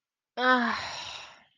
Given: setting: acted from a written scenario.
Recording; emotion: vocal sound without words; disappointment